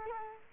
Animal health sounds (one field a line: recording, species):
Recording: mosquito wingbeat signal from an infrared sensor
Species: Culex quinquefasciatus